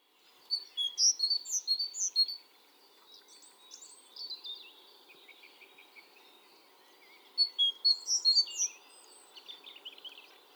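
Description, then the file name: Great tit calls, two bursts of sharp, high-pitched chirps, one at the start and one near the end, with softer scratchy twittering between them. "Parus major"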